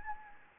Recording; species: mosquito wingbeat signal from an infrared sensor; Anopheles gambiae